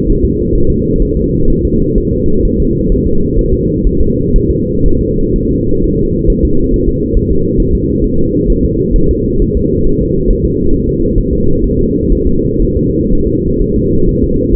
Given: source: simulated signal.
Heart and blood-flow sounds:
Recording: fetal heart sounds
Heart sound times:
0.10 s: S1
0.25 s: S2
0.55 s: S1
0.70 s: S2
1.02 s: S1
1.17 s: S2
1.50 s: S1
1.65 s: S2
1.98 s: S1
2.13 s: S2
2.45 s: S1
2.60 s: S2
2.92 s: S1
3.07 s: S2
3.39 s: S1
3.54 s: S2
3.86 s: S1
4.01 s: S2
4.36 s: S1
4.51 s: S2
4.86 s: S1
5.01 s: S2
5.36 s: S1
5.51 s: S2
5.84 s: S1
5.99 s: S2
6.30 s: S1
6.45 s: S2
6.74 s: S1
6.88 s: S2
7.17 s: S1
7.31 s: S2
7.60 s: S1
7.75 s: S2
8.04 s: S1
8.19 s: S2
8.50 s: S1
8.65 s: S2
8.96 s: S1
9.11 s: S2
9.42 s: S1
9.57 s: S2
9.87 s: S1
10.02 s: S2
10.30 s: S1
10.45 s: S2
10.74 s: S1
10.89 s: S2
11.18 s: S1
11.33 s: S2
11.64 s: S1
11.79 s: S2
12.12 s: S1
12.27 s: S2
12.62 s: S1
12.77 s: S2
13.12 s: S1
13.27 s: S2
13.61 s: S1
13.76 s: S2
14.09 s: S1
14.24 s: S2
14.55 s: S1
From the record:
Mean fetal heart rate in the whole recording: 130 bpm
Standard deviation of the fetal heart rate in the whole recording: 4 bpm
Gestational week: 38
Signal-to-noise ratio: -16.4 dB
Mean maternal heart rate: 72 bpm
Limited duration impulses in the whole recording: present

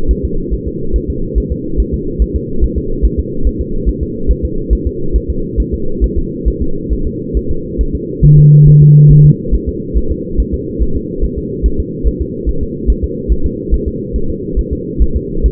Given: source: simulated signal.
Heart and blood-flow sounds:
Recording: fetal heart sounds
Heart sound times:
0.11 s: S1
0.25 s: S2
0.54 s: S1
0.68 s: S2
0.96 s: S1
1.10 s: S2
1.38 s: S1
1.52 s: S2
1.80 s: S1
1.94 s: S2
2.22 s: S1
2.36 s: S2
2.64 s: S1
2.78 s: S2
3.05 s: S1
3.19 s: S2
3.47 s: S1
3.61 s: S2
3.89 s: S1
4.03 s: S2
4.31 s: S1
4.45 s: S2
4.73 s: S1
4.87 s: S2
5.16 s: S1
5.30 s: S2
5.60 s: S1
5.74 s: S2
6.04 s: S1
6.18 s: S2
6.48 s: S1
6.62 s: S2
6.93 s: S1
7.07 s: S2
7.37 s: S1
7.51 s: S2
7.81 s: S1
7.95 s: S2
8.25 s: S1
8.39 s: S2
8.68 s: S1
8.82 s: S2
9.11 s: S1
9.26 s: S2
9.55 s: S1
9.69 s: S2
9.98 s: S1
10.12 s: S2
10.40 s: S1
10.54 s: S2
10.83 s: S1
10.97 s: S2
11.24 s: S1
11.39 s: S2
11.66 s: S1
11.80 s: S2
12.08 s: S1
12.22 s: S2
12.49 s: S1
12.63 s: S2
12.90 s: S1
13.04 s: S2
13.32 s: S1
13.46 s: S2
13.74 s: S1
13.88 s: S2
14.16 s: S1
14.30 s: S2
14.59 s: S1
14.73 s: S2
15.02 s: S1
15.17 s: S2
15.46 s: S1
From the record:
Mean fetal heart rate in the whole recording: 140 bpm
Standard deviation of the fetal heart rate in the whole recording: 2 bpm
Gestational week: 34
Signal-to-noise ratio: -8.1 dB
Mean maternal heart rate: 72 bpm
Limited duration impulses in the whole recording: present

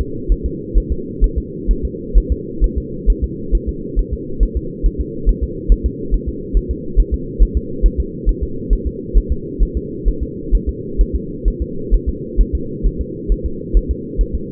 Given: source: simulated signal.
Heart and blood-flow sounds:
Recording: fetal heart sounds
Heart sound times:
0.01 s: S2
0.32 s: S1
0.46 s: S2
0.78 s: S1
0.92 s: S2
1.24 s: S1
1.38 s: S2
1.71 s: S1
1.85 s: S2
2.18 s: S1
2.32 s: S2
2.64 s: S1
2.78 s: S2
3.10 s: S1
3.24 s: S2
3.55 s: S1
3.69 s: S2
3.99 s: S1
4.13 s: S2
4.43 s: S1
4.57 s: S2
4.86 s: S1
5.00 s: S2
5.29 s: S1
5.43 s: S2
5.72 s: S1
5.86 s: S2
6.14 s: S1
6.29 s: S2
6.57 s: S1
6.71 s: S2
7.00 s: S1
7.14 s: S2
7.42 s: S1
7.57 s: S2
7.86 s: S1
8.00 s: S2
8.29 s: S1
8.43 s: S2
8.73 s: S1
8.87 s: S2
9.17 s: S1
9.32 s: S2
9.63 s: S1
9.77 s: S2
10.08 s: S1
10.23 s: S2
10.55 s: S1
10.69 s: S2
11.01 s: S1
11.15 s: S2
11.48 s: S1
11.62 s: S2
11.94 s: S1
12.09 s: S2
12.41 s: S1
12.55 s: S2
12.86 s: S1
13.01 s: S2
13.32 s: S1
13.46 s: S2
13.77 s: S1
13.91 s: S2
14.21 s: S1
14.35 s: S2
From the record:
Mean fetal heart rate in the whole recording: 135 bpm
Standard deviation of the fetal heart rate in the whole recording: 3 bpm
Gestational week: 36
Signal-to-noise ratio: -4.3 dB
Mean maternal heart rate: 72 bpm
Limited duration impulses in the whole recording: absent

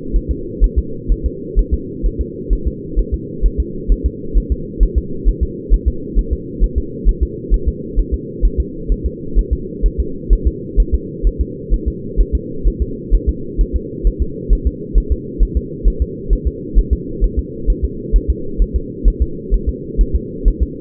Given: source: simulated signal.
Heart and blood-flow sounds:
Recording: fetal heart sounds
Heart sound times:
0.16 s: S1
0.31 s: S2
0.64 s: S1
0.78 s: S2
1.12 s: S1
1.26 s: S2
1.59 s: S1
1.74 s: S2
2.06 s: S1
2.21 s: S2
2.53 s: S1
2.67 s: S2
2.99 s: S1
3.14 s: S2
3.46 s: S1
3.60 s: S2
3.92 s: S1
4.06 s: S2
4.38 s: S1
4.52 s: S2
4.83 s: S1
4.98 s: S2
5.28 s: S1
5.43 s: S2
5.74 s: S1
5.88 s: S2
6.19 s: S1
6.33 s: S2
6.64 s: S1
6.78 s: S2
7.09 s: S1
7.23 s: S2
7.54 s: S1
7.68 s: S2
7.99 s: S1
8.14 s: S2
8.45 s: S1
8.60 s: S2
8.92 s: S1
9.06 s: S2
9.39 s: S1
9.53 s: S2
9.86 s: S1
10.00 s: S2
10.33 s: S1
10.47 s: S2
10.80 s: S1
10.94 s: S2
11.27 s: S1
11.41 s: S2
11.74 s: S1
11.88 s: S2
12.20 s: S1
12.35 s: S2
12.67 s: S1
12.82 s: S2
13.14 s: S1
13.29 s: S2
13.61 s: S1
13.76 s: S2
14.07 s: S1
14.22 s: S2
14.53 s: S1
14.67 s: S2
14.98 s: S1
15.12 s: S2
15.43 s: S1
15.57 s: S2
15.88 s: S1
16.02 s: S2
16.33 s: S1
16.47 s: S2
16.78 s: S1
16.93 s: S2
17.24 s: S1
17.39 s: S2
17.70 s: S1
17.84 s: S2
18.16 s: S1
18.30 s: S2
18.62 s: S1
18.76 s: S2
19.08 s: S1
19.22 s: S2
19.54 s: S1
19.69 s: S2
20.01 s: S1
20.15 s: S2
20.48 s: S1
20.62 s: S2
From the record:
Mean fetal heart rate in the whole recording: 130 bpm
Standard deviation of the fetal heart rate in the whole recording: 2 bpm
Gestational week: 36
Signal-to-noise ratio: -4.3 dB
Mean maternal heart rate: 72 bpm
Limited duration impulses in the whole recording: absent

